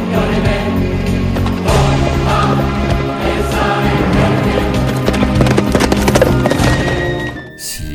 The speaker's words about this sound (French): Imaginez un chevalier à notre époque. Imaginez ce cavalier revêtu de sa cuirasse, galopé le long de nos routes, tandis qu'au-dessus de lui passe un gros avion civil.